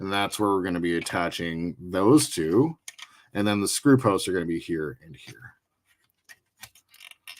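Someone talks while a plastic model part for a scale car model is held and lined up with its lugs, lug holes and screw posts before being pushed home. After the talk stops, a few faint, light plastic ticks and taps are heard from about 6.3 s onward. Nothing has seated or clicked into place yet.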